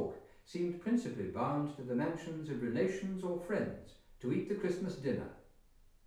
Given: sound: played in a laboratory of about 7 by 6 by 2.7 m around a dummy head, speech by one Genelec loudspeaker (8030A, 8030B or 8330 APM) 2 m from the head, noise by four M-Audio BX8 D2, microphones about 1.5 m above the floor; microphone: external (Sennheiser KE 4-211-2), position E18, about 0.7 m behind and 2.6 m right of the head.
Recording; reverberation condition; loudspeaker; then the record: male speech in English; medium; 150 degrees to the left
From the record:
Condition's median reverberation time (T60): about 510 ms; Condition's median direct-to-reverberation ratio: about -0.5 dB